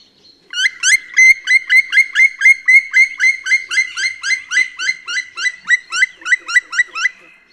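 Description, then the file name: White-tailed eagle uttering a clear, yelping series of sharp notes, close to four per second, steady for about six seconds before stopping; otherwise quiet background. "Bielik"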